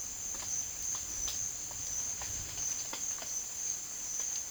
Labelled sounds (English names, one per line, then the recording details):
none
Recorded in dense forest near Puerto Asís, Putumayo, Colombia, on 9 March 2025 at 13:30
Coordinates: 0.481, -76.323
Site G088